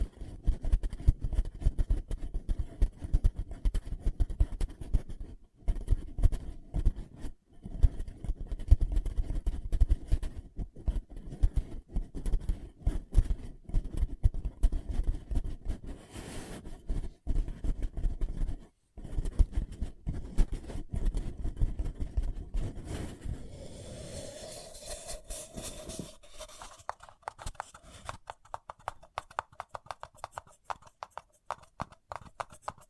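Paper cup tingles: dense, rapid crinkling and tapping on a paper cup, full and thuddy for most of the clip with a few brief pauses. Around 23 seconds the sound turns brighter, with a squeaky rubbing tone, then lighter, quicker clicking taps to the end.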